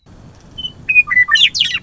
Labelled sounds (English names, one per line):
Western Meadowlark